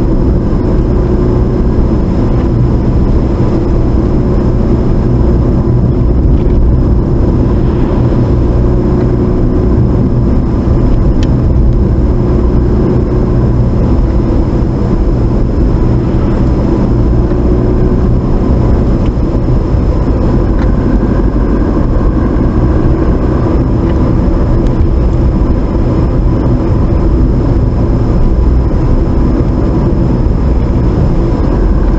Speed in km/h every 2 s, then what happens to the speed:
48, 47, 47, 47, 47, 47, 47, 47, 48, 48, 56, 58, 56, 53, 48, 48.
0-18 steady at about 47. 18-21 speeds up to 58. 21-32 slows to 48.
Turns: none.